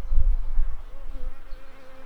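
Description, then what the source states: Shrill carder bee buzzing, a steady droning hum with low rumbling and a faint higher wavering tone throughout. Workers.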